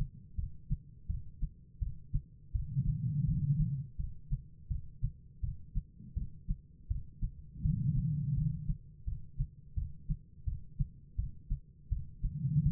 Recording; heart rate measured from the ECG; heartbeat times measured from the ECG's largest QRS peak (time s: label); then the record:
heart sounds by stethoscope; 83 bpm
0.36 s: heartbeat
1.07 s: heartbeat
1.79 s: heartbeat
2.52 s: heartbeat
3.25 s: heartbeat
3.97 s: heartbeat
4.68 s: heartbeat
5.41 s: heartbeat
6.14 s: heartbeat
6.88 s: heartbeat
7.62 s: heartbeat
8.35 s: heartbeat
9.05 s: heartbeat
9.75 s: heartbeat
10.45 s: heartbeat
11.16 s: heartbeat
11.89 s: heartbeat
12.63 s: heartbeat
From the record:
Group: healthy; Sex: female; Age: 51 years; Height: 162 cm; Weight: 70.04 kg